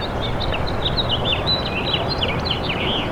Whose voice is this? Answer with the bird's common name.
House Finch